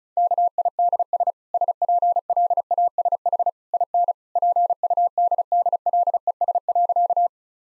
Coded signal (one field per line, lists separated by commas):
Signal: Morse code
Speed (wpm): 36 wpm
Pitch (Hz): 700 Hz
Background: none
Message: KIDS SPLASH IN PUDDLES.